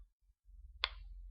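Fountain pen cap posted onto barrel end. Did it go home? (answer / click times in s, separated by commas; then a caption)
yes / 0.8 s. An Aurora Ipsilon fountain pen cap is posted onto the back end of the barrel, where a small retaining ring holds it so the cap will not fly off. After a quiet low hum, a single sharp click sounds at 0.8 s as the cap locks in place, and it is seated.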